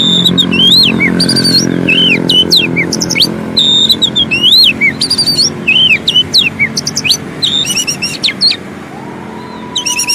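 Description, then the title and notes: Oriental magpie-robin song: repeated sweeping whistles and buzzy chips in lively phrases, with a low background rumble. Long-duration fill-in song for training magpie-robins to sing actively day and night. "Kacer Jadi Gacor Siang Malam. Isian Kacer Durasi Panjang"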